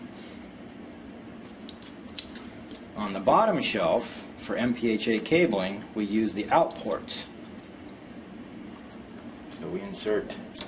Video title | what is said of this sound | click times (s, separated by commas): Building Block Video: INSTALL 106 Disk Shelf-to-Shelf Cabling | it in gently until it clicks | 2.2 s